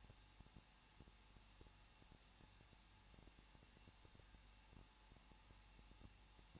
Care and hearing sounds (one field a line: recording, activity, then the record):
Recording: daily activity, microphone in the room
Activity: no activity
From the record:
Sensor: 1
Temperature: 20.1 degrees Celsius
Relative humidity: 39.2%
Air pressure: 1006.3 hPa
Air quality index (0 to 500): 218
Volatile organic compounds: 78 ppm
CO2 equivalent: 3591 ppm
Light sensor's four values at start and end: 1/2/1/1 and 1/2/1/1